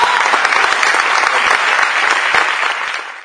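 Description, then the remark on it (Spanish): A crowd bursts into sustained applause, a dense, steady wash of many hands clapping at full volume that holds for a few seconds before starting to taper off at the end. “Ah, aplauso, por favor.”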